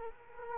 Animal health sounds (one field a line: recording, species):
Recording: mosquito wingbeat signal from an infrared sensor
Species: Culex quinquefasciatus